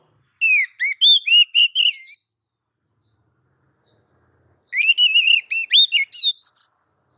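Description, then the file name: Oriental magpie-robin delivering two fast bursts of wavering, slurred whistled notes separated by a quiet gap. Female calling the male. "Suara Kicau Burung Kacer Betina Memanggil Jantan"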